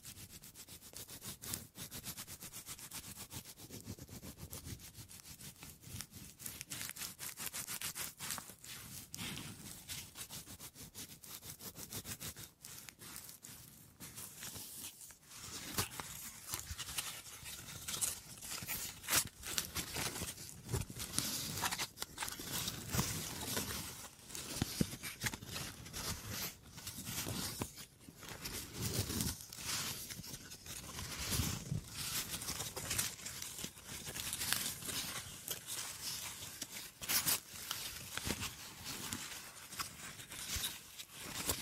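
Wood triggers: rapid scratching, tapping and rubbing on wood, a dense run of crisp clicks and scrapes that rarely pauses. The first fifteen seconds are softer; after a brief quiet moment the scraping grows louder and brighter, with frequent sharp taps through to the end.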